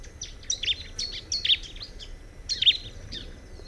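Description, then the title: Bar-winged prinia giving short clusters of bright chirps in a few brief bursts, with quiet hum beneath. "Ciblek Pro"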